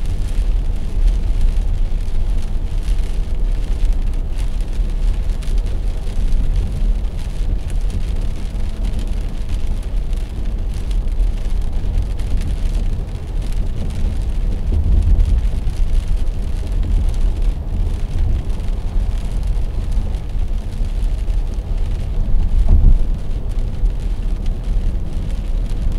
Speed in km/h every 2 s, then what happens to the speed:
80, 80, 81, 81, 81, 82, 83, 85, 86, 84, 82, 81, 76.
0-17 steady at about 81. 17-26 slows to 76.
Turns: none.